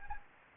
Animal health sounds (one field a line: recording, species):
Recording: mosquito wingbeat signal from an infrared sensor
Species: Anopheles gambiae